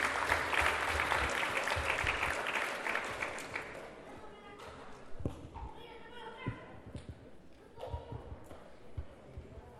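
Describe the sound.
Audience applause fills the first few seconds with dense, steady clapping, then thins out as scattered claps and low thumps continue while murmured voices carry on underneath.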